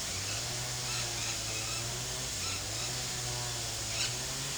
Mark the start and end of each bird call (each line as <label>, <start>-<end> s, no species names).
bird call, 0.85-1.05 s
bird call, 1.62-1.84 s
bird call, 2.40-2.63 s
bird call, 3.89-4.09 s